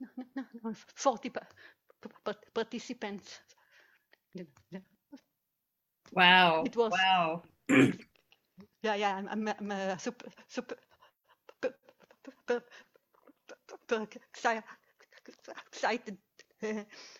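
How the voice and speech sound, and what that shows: An adult woman's speech broken by repeated syllables ("pa-pa-participants", "ya-ya-I'm", "super... super"), prolongations and long silent blocks before words like "excited". These are stuttering disfluencies: part-word repetitions, prolongations and blocks that interrupt fluent speech.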